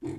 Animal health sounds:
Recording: pig call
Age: weaner (32 to 43 days)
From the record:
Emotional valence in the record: negative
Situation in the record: negative conditioning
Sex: female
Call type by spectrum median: low-frequency call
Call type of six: low-frequency stable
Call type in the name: low-frequency stable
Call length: 0.19 s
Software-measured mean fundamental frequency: 48 Hz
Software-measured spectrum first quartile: 217 Hz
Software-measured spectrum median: 316 Hz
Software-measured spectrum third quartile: 430 Hz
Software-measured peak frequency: 320 Hz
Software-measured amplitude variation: 160 dB a second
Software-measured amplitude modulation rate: 20.6 a second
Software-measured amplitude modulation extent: 7.8 dB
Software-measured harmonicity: 4.7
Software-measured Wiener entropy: -0.17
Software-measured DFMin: 1068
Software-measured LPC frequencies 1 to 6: 332, 2036, 3467, 4227, 4995, 5923 Hz

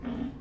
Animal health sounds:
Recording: pig call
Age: growing-finishing pig (85 days or more)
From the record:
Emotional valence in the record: negative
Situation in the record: barren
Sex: female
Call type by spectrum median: low-frequency call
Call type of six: low-frequency stable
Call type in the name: low-frequency stable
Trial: 1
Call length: 0.40 s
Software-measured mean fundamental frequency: 56 Hz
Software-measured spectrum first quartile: 205 Hz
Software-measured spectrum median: 272 Hz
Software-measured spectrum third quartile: 478 Hz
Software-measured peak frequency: 255 Hz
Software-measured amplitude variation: 174 dB a second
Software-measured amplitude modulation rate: 28.4 a second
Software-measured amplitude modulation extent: 6.1 dB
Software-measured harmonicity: 5.1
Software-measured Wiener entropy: -0.28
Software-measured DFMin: 655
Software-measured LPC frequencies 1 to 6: 272, 1718, 3144, 5268, 6641, 7502 Hz

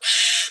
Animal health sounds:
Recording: pig call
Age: piglet (1 to 25 days)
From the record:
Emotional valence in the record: negative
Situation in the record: restrain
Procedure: in the arms of a person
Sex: male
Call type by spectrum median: high-frequency call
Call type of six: high-frequency modulated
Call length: 0.51 s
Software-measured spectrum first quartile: 3068 Hz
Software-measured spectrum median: 4038 Hz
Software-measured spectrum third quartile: 6180 Hz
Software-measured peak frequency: 2978 Hz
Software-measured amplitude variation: 91 dB a second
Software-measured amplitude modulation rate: 14.7 a second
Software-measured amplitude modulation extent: 6.2 dB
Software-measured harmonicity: -0.6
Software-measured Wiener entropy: -1.85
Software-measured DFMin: 977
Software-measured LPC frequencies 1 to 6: 1780, 2960, 3584, 4113, 5346, 6167 Hz

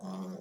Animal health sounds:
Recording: pig call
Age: piglet (1 to 25 days)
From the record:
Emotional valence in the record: negative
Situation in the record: long isolation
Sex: male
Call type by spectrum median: low-frequency call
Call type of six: low-frequency modulated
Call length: 0.42 s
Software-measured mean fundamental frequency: 47 Hz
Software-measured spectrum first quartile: 190 Hz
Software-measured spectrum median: 316 Hz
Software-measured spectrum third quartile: 832 Hz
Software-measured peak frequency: 192 Hz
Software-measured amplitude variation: 97 dB a second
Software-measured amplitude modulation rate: 16.8 a second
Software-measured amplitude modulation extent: 5.8 dB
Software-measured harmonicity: 7.5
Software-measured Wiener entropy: -0.59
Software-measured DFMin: 1178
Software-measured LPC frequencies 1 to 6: 1030, 3360, 5135, 6167, 7159, 9176 Hz

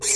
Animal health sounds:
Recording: pig call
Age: weaner (32 to 43 days)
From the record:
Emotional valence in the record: negative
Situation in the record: short isolation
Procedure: open field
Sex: female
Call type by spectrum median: high-frequency call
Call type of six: high-frequency stable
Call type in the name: high-frequency stable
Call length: 0.16 s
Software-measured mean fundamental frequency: 407 Hz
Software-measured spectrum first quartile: 4236 Hz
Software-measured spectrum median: 6609 Hz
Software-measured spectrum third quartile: 7885 Hz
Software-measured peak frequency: 7465 Hz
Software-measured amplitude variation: 86 dB a second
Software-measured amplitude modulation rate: 12.4 a second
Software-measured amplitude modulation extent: 6.9 dB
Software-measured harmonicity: 1.6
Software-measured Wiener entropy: -2.11

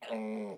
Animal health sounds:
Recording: pig call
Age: piglet (1 to 25 days)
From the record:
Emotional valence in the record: negative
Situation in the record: restrain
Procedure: in the arms of a person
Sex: male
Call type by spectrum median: low-frequency call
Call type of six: low-frequency stable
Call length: 0.58 s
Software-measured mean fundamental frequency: 53 Hz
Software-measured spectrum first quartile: 250 Hz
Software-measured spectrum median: 456 Hz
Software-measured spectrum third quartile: 761 Hz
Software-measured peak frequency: 561 Hz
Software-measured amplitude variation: 68 dB a second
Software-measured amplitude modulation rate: 25.0 a second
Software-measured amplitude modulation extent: 2.7 dB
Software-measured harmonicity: 3.3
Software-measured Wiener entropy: -0.35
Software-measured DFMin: 1075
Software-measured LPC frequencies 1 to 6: 489, 2100, 2818, 3803, 5405, 7215 Hz

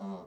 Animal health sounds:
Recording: pig call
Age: piglet (1 to 25 days)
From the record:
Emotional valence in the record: negative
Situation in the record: short isolation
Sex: female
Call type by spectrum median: low-frequency call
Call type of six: low-frequency stable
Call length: 0.27 s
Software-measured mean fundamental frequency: 48 Hz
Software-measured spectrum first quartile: 196 Hz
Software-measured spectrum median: 327 Hz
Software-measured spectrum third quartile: 678 Hz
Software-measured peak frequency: 197 Hz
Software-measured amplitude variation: 62 dB a second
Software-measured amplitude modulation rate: 9.2 a second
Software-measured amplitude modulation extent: 6.7 dB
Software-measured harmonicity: 4.9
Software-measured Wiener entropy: -0.26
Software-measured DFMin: 844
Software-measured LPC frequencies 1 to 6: 1003, 2067, 3212, 3904, 4550, 5572 Hz

